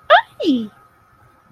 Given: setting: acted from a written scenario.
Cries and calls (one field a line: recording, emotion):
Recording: vocal sound without words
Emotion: positive surprise